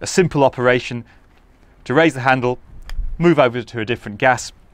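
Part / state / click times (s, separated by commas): selector handle locking into a diving gas switch block / not seated / none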